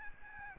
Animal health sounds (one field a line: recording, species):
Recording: mosquito wingbeat signal from an infrared sensor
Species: Aedes albopictus